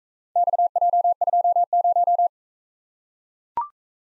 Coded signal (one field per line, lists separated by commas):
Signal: Morse code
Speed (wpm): 44 wpm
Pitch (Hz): 700 Hz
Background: none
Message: XJ20